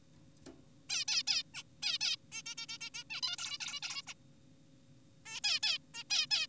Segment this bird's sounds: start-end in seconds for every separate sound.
0.90-1.05, 1.08-1.23, 1.28-1.43, 1.54-1.63, 1.83-1.98, 2.01-2.16, 2.32-2.42, 2.46-2.55, 2.58-2.66, 2.69-2.78, 2.81-2.90, 2.94-3.04, 3.10-3.21, 3.23-3.36, 3.38-3.58, 3.60-3.80, 3.82-4.02, 4.07-4.14, 5.26-5.40, 5.44-5.60, 5.63-5.78, 5.94-6.03, 6.10-6.26, 6.31-6.47